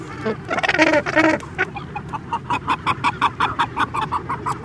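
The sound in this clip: Cape gannet giving harsh, grating calls, a loud cluster at first, then a rapid series of short rasping notes.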